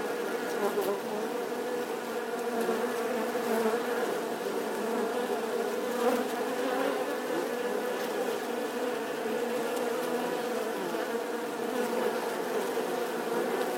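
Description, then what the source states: Honey bee swarm buzzing, a dense continuous drone of many wings with a steady hum, unbroken throughout with small surges in loudness. Bee swarm buzzing outside the hive.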